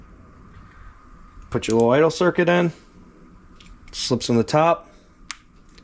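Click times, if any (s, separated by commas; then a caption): 5.3 s. Someone talks while the low idle circuit tube is slipped into the top of a small-engine carburetor body from a Simpson power washer and pushed down. A sharp click at 5.3 s marks the jet seating in place.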